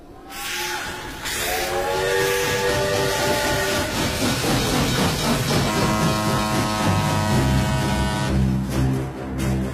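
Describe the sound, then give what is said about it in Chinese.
A train rumbles steadily along the rails with a loud, continuous roar, overlaid by sustained tonal whistle-like pitches that rise and shift, and a low heavy drone building toward the end. “铁道博物馆里的火车情怀”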